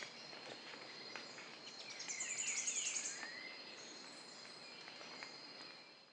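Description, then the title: Rufous-headed tanager song: a brief, very high, thin run of rapid notes with lower sliding notes beneath, over a steady insect drone. "LuckyPassaro Completos2Sama. Rufous-headed Tanager (Hemithraupis ruficapilla)"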